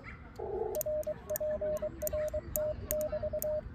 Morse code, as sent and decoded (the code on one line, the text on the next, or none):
.-. .--. .-. - -...-
RPRT<BT>